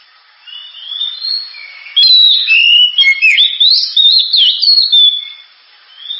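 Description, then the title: Oriental magpie-robin song, a loud rich burst of varied whistles, trills and slurred notes from two to five seconds, softer phrases before and after. Kacer singing prolifically with a sharp, super-loud voice, offered as a pancingan recording to prompt other birds to sing. "Kacer Gacor Suara Tajam. Kacer Gacor Suara Super Kenceng Cocok untuk Pancingan"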